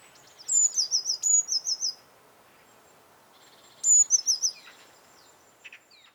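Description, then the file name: Eurasian blue tit: two bursts of rapid, high, thin notes, the first of about nine lasting over a second, the second of about five and shorter, with a few faint notes near the end. "Cyanistes caeruleus"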